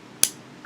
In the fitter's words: little click and it is secure not going nowhere so we got all that accomplished